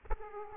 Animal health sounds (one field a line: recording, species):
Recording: mosquito wingbeat signal from an infrared sensor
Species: Aedes aegypti